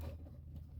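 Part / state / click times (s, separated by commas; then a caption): electrical connector clip onto fuel pump / not seated / none. An electrical plug clip is being slid down onto a diesel heater's fuel pump connector while a low engine-like rumble hums steadily underneath. The clip ends just before the connector goes home, so nothing has seated or clicked yet.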